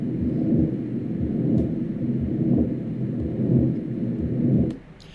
Whoa, that's turbulent. is an example of a continuous murmur. And continuous murmurs are defined as murmurs that begin in systole and go through diastole. They don't have to go all the way through diastole. This would be an example of a patient with a patent ductus arteriosus.